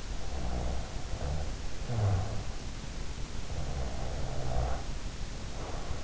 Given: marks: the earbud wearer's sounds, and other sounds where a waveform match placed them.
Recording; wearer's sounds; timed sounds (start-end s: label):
sounds in sleep by an in-ear microphone; snoring breath
0.16-2.71 s: snoring breath
3.43-6.01 s: snoring breath